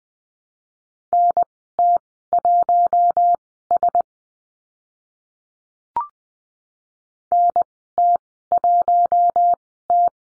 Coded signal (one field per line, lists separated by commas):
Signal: Morse code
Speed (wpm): 20 wpm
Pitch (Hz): 700 Hz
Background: none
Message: NT1S NT1T